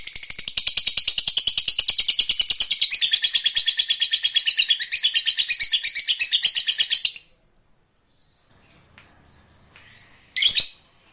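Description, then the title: Lovebird in a seven-second burst of rapid high chatter that cuts off into near silence, broken later by a single short chirp. Meant to stimulate a lazy, quiet lovebird so that it eagerly and spontaneously starts singing in the sustained 'narik' style. "LOVEBIRD Malas Bunyi JADI GREGET SPONTAN Langsung NARIK"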